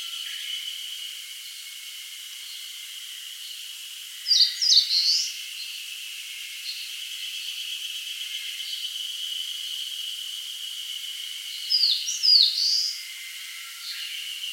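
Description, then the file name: Eastern crowned warbler giving two short, high, sweeping phrases about eight seconds apart over a steady high-pitched droning hum. "Phylloscopus coronatus"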